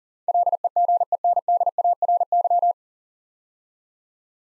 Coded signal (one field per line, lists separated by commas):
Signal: Morse code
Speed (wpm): 39 wpm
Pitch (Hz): 700 Hz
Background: none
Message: LEGENDARY